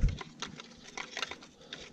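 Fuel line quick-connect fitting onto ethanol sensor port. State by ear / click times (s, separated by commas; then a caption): seated / 0.4 s. A fuel line quick-connect fitting is pushed onto the ethanol sensor port of a flex fuel kit being installed on an MK7 GTI. A sharp click at 0.4 s shows the fitting seating in place, followed by lighter clicks and rattles. No one talks.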